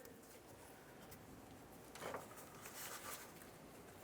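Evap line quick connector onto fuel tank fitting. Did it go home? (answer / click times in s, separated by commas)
no / none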